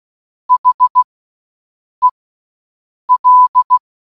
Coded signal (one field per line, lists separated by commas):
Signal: Morse code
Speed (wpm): 16 wpm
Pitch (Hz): 1000 Hz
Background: none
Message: HEL